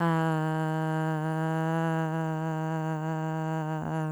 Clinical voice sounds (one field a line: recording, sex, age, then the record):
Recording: sustained vowel /a/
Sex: female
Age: 20 to 29 years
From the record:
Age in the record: 25 years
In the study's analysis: included